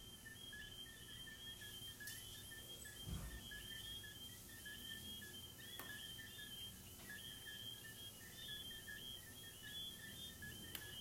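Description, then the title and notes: Crickets chirp in a steady pulsed chorus while a few sharp clicks and a low thud break in now and then. Crickets recorded in the recordist's garden, presented as relaxing ASMR. "These are relaxing asmr crickets from my garden"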